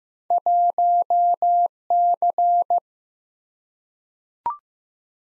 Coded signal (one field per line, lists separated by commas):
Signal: Morse code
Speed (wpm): 15 wpm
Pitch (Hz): 700 Hz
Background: none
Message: 1C